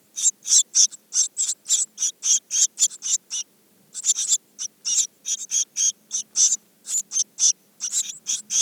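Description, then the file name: Eurasian blue tit giving harsh, rasping scold notes about four per second, with a short break near the middle before the dry churring resumes. "Cyanistes caeruleus"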